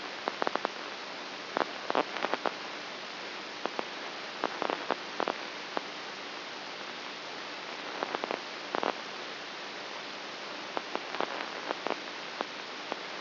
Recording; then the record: brain microelectrode recording played as sound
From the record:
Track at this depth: inside the subthalamic nucleus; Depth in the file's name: 1.84 mm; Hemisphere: right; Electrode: 2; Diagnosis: Parkinson's disease